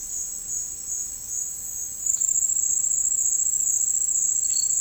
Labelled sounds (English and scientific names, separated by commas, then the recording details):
none
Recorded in dense forest near Puerto Asís, Putumayo, Colombia, on 13 March 2025 at 11:00
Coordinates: 0.485, -76.318
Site G056